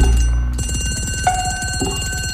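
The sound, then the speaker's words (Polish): A telephone rings at night, a call from the wife working abroad, with a rapid, buzzing electronic trill, steady and fairly loud, with bright high tones repeating quickly throughout and no voices. “telefon.”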